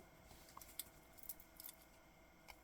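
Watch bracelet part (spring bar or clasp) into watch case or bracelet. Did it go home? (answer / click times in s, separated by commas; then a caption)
no / none. Someone fits a 316L stainless steel watch bracelet part, probably a spring bar or clasp, into the watch case or bracelet while struggling to see. Faint scrapes and small, sharp metallic ticks sound at about 0.8, 1.3, 1.6 and 2.5 seconds. Nothing has seated or clicked into place yet.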